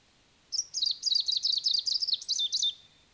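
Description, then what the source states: Greenish Warbler song, one hurried phrase of thin, high, wavering notes lasting about two seconds, ending with a couple of slurred notes, then quiet. Subspecies viridanus; songs.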